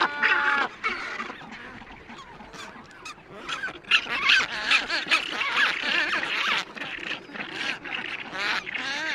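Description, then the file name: Black-browed albatross calls, a dense chorus of grating, warbling cries with quick rattling bursts, several birds calling over one another. "Canto do albatroz de sobrancelha"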